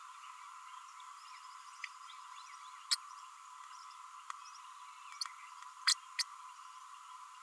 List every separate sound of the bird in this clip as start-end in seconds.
2.91-2.96, 5.87-5.94, 6.18-6.23